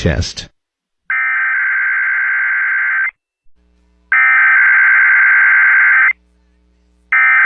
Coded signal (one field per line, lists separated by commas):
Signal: Emergency Alert System (SAME) tones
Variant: header bursts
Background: speech